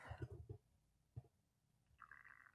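Quiet, low, gurgling rumbles come in a cluster over the first half second, then a single soft thud follows about a second later. A faint steady higher tone sits in the background near the end. This is an adult man's stomach growling (borborygmi), the ordinary sound of gas and fluid moving through the gut.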